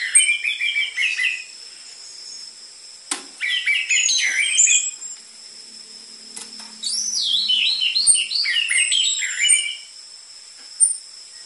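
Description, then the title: Orange-headed thrush song in bursts of rapid descending whistled notes and trills, separated by short pauses, over a constant thin high background whine. Lure recording of an actively singing bird with dense filler song material, used for tutoring spotted-morph caged orange-headed thrushes. "PANCINGAN Anis Merah Gacor Materi Isian Rapat Cocok Untuk MASTERAN Anis Merah TROTOL"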